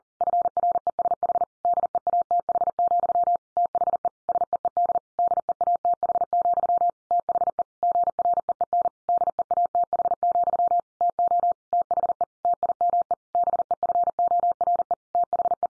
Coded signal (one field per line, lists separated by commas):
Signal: Morse code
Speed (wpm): 40 wpm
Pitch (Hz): 700 Hz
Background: none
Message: FRESH DEATH, THE SEED DEATH, THE GREEN DEATH, TO THE TIME BEFORE THE